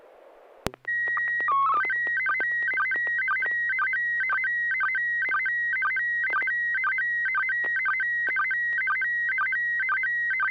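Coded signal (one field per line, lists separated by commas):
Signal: SSTV (slow-scan television)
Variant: PD 120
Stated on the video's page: SSTV net on a 441.300 MHz FM repeater in Sacramento, California, sent with MMSSTV software.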